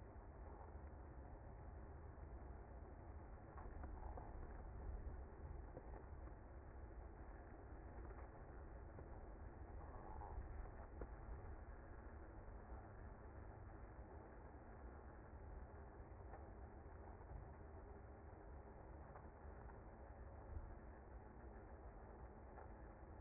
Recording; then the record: honeybee colony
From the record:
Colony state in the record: active